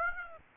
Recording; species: mosquito wingbeat signal from an infrared sensor; Aedes aegypti